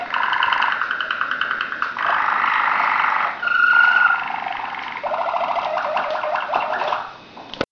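Waterslager canary song: deep rolled trills and rapid bubbling phrases with one clear whistled note near the middle.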